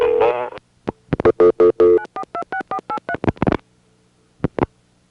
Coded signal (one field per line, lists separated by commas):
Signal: DTMF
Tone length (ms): 70 ms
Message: 9426483